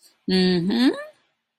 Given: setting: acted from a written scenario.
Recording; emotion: vocal sound without words; pride